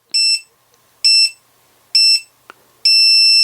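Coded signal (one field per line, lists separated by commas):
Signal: beep code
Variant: Lucky Box lost-model beeper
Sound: three short high-pitched beeps, then one long continuous beep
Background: quiet room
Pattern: 3 short, 1 long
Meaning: The beeper's settings have been saved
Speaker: this time we should get three short beeps and one long beep and that means it saved our options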